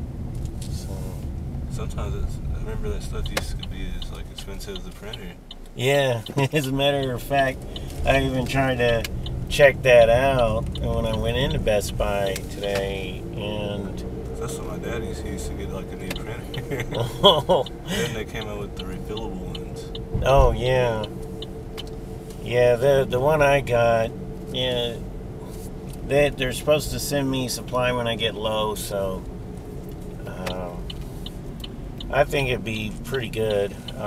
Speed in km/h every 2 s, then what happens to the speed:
19, 11, 3, 8, 18, 21, 29, 37, 40, 39, 37, 37, 35, 35, 34, 34, 24.
0-4 brakes to 3. 5-15 speeds up to 40. 15-30 steady at about 35. 30-34 slows to 24.